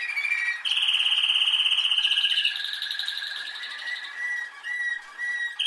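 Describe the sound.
Canary song: a loud, rapid, even trill lasting nearly two seconds, then softer lower rolls and short bright notes.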